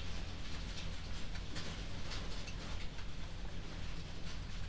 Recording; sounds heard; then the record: poultry house recording; no chicken sound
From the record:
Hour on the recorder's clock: 22